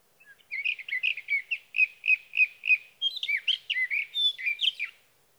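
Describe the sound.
Sage thrasher song: evenly spaced warbled notes at first, then a faster tumble of varied whistles and slurs, lasting around five seconds.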